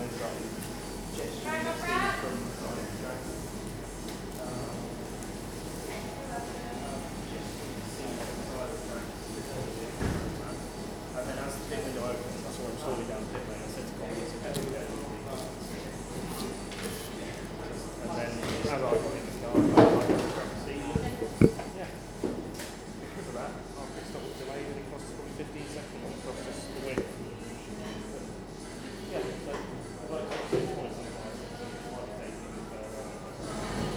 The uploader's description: a coffee shop on a dark evening, rain is falling outside